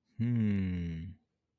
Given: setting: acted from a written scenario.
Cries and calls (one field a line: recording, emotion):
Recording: vocal sound without words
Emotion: confusion